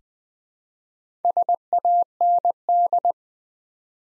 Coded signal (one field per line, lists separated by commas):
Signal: Morse code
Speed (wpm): 20 wpm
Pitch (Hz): 700 Hz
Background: none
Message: SAND